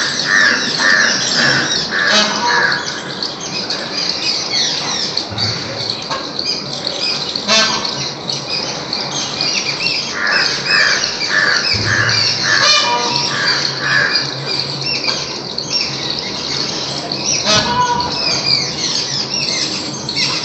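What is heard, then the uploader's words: Dense, constant bird calls, squawks and chirps overlapping throughout, bright, with occasional louder sharp cries over a busy background. Random collection of bird calls.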